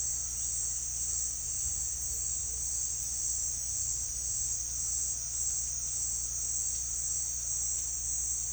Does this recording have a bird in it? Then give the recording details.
no. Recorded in pastures near Puerto Asís, Putumayo, Colombia, on 4 March 2025 at 17:30. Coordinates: 0.502, -76.324. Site GP07